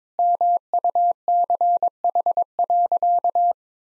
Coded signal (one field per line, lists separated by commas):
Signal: Morse code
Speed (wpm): 22 wpm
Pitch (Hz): 700 Hz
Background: none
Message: MUCH.